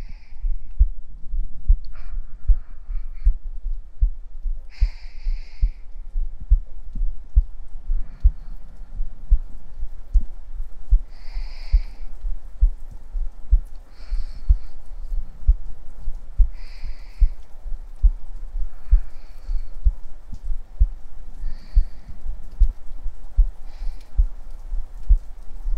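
A heartbeat heard up close, steady, muffled low thumps repeating quickly and evenly through the whole clip. Every few seconds a short, bright chirping sound rises above it, over a faint, soft hiss in the background.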